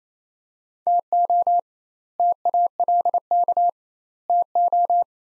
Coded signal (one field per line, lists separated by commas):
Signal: Morse code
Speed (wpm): 28 wpm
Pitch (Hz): 700 Hz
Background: none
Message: TO TALK TO